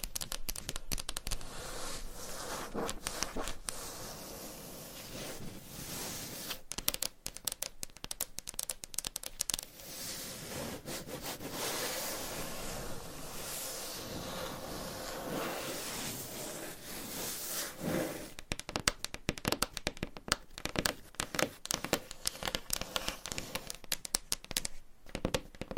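Gentle tapping and scratching, with dense bursts of quick, crisp taps and crinkly scratches in the opening seconds and again from about 18 seconds to the end. Between roughly 10 and 17 seconds it settles into softer, steadier scratching with fewer sharp taps.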